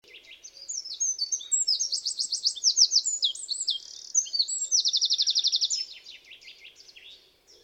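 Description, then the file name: Eurasian wren song, a loud high run of sharp notes and fast dry trills, with two rapid rattling sections mid-phrase, about seven seconds long. "Troglodytes troglodytes"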